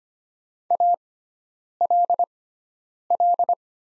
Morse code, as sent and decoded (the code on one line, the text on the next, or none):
.- .-.. .-..
ALL